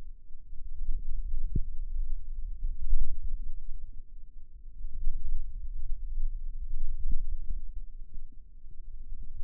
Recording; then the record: forearm muscle sounds (acoustic myography)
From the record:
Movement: wrist extension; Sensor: system 2, bracelet of six BSWA MPA416 microphones around the upper forearm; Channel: 3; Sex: female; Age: 22 years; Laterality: right